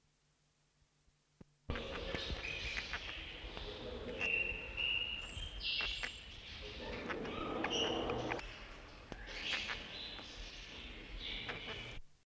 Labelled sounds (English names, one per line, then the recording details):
Tui Parakeet call
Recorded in captivity
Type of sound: call
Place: Tierpark Hellabrunn, Bayern, DE
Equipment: Halbspur, 9,5 cm/s
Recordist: Lütgens, Hans
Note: Rufe